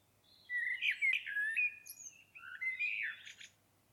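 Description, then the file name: Common blackbird singing two connected warbled phrases of mellow, wavering fluted notes mixed with high squeaky twitters. "Turdus merula"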